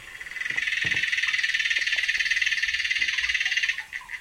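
An aquatic bug (a water bug) stridulates underwater, recorded with a hydrophone: a steady, rapidly pulsing high buzz like a cicada's song, holding for about three seconds before breaking into a few scattered clicks.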